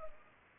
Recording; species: mosquito wingbeat signal from an infrared sensor; Culex pipiens